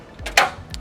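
Two small latches on a metal fridge slide in the tray canopy of a 2500HD Silverado ute are pressed in, and the slide is pulled out to full extension. A light tick comes at 0.3 s, then a loud sharp hit at 0.4 s as the slide runs out to its end stop, and a faint tick follows at 0.7 s. The latches are released and the slide runs all the way out.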